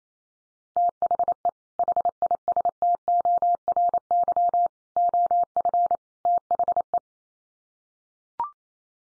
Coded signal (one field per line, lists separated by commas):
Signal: Morse code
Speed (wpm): 28 wpm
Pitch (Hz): 700 Hz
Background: none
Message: THE HISTORY OF THE